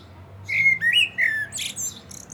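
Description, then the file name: Common blackbird song phrase: mellow sliding whistles followed by a brief scratchy high twitter, over a faint low hum. "Turdus merula"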